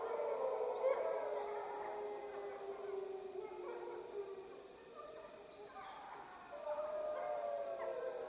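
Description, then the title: Wolf: wolves howling together, overlapping wavering tones that fade midway and swell again near the end. Wolf soundscape recorded at Freita. "Wolf Soundscapes Freita Melissa Pons"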